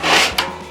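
Pressing the release button on an SR1000 snare strainer throw-off on a snare drum lets the metal strainer lever drop open. A broad rubbing noise fills the first 0.3 s, then a sharp knock at 0.4 s as the throw-off releases, fading quickly.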